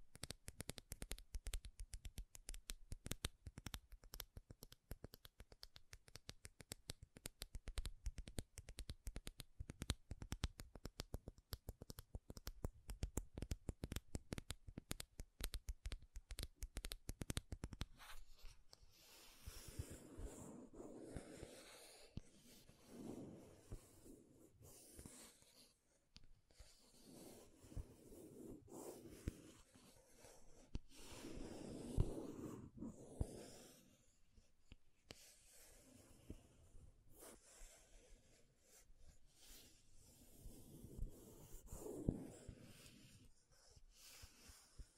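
Makeup being tapped and scratched: for the first eighteen seconds, fast, dense, sharp taps run in a steady rapid stream. After that the sound turns into softer, slower scratching and rubbing with lower, fuller swells, uneven in loudness, around 20, 32 and 43 seconds.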